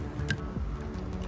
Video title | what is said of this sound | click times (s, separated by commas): Ford F-150 How to Remove & Replace Driver Seat Trim Cover 2007-2014 - Step-by-Step DIY Guid | Hear that click. | 0.3 s